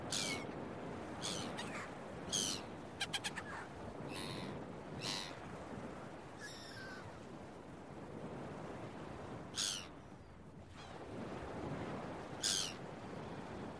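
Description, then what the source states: Gulls calling busily, many harsh yelping cries and a rapid stuttered run of notes, set against steady breaking surf. Early morning at the beach, with waves.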